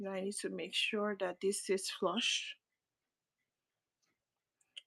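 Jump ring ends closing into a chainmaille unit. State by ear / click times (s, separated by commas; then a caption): partly seated / 4.8 s. A metal jump ring on a chainmaille jewelry piece is worked back and forth with pliers until its ends close. Someone talks for the first 2.5 seconds, then after a quiet stretch a single sharp click sounds at 4.8 seconds. The ends come together, but they do not sit flush, so the ring is not fully closed.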